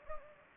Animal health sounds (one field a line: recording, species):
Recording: mosquito wingbeat signal from an infrared sensor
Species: Anopheles gambiae